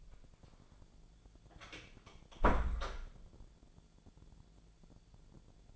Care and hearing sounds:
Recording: daily activity, microphone in the room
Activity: close door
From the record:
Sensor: 5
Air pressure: 1000.6 hPa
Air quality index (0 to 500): 156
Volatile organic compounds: 2 ppm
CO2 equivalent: 1205 ppm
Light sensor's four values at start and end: 47/111/46/49 and 48/112/47/50

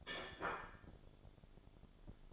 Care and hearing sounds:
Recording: daily activity, microphone in the room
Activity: place plate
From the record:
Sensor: 5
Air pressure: 1004.4 hPa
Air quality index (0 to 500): 172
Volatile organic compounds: 4 ppm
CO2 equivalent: 1614 ppm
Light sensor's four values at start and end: 17/40/16/15 and 17/40/16/15

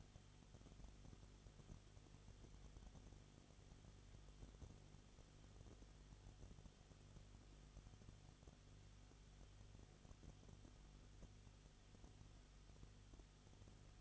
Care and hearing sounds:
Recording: daily activity, microphone in the room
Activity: no activity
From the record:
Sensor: 4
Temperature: 22.7 degrees Celsius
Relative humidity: 31.7%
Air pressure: 995.4 hPa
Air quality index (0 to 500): 158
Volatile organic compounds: 2 ppm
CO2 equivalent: 1253 ppm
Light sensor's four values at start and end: 2/3/1/1 and 2/3/1/1

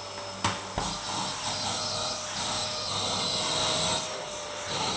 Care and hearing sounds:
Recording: daily activity, microphone in the room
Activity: vacuum cleaning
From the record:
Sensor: 3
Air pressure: 1009.5 hPa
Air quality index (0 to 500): 196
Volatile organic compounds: 16 ppm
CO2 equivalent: 2548 ppm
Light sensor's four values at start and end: 33/83/35/37 and 16/35/16/18

